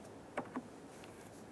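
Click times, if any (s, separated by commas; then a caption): 0.4 s. A new plastic windshield washer nozzle for a 2015-2020 Cadillac Escalade is lined up and pushed down into its hole in the hood. It snaps and locks into place with a sharp click at 0.4 s, followed by a softer click at 0.6 s and a faint tick near 1.0 s over a low, steady background hum. The nozzle is seated.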